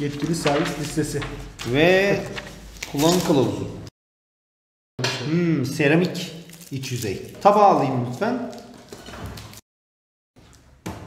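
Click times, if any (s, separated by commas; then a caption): none. Someone talks while handling a Samsung microwave oven (MW5100 / MW301), with the glass turntable plate about to be set onto its seat inside over the ceramic interior and the oven door to be swung shut and latched into the oven body. Speech fills most of the clip, broken by a silent gap and a few short knocks and taps near the end. Nothing has seated or clicked yet; the clip ends before the plate goes home and the door latches.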